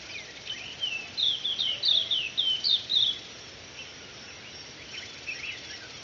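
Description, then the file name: Cape white-eye singing a quick burst of high warbled notes for about two seconds, then quieter twitters in the background. Subspecies caniviridis, singing in the dawn chorus at 05:58 on 31 March 2018 in Moreletakloof Nature Reserve. "Zosterops virens caniviridis, sang in lumierkoor, Moreletakloof NR, 2018-3-31 05 h 58"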